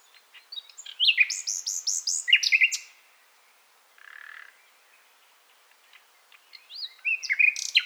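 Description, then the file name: Common nightingale song: loud varied phrases of sweeping whistles and chirps, broken by a pause with a single quieter rasping note, then another fast phrase. "Luscinia megarhynchos"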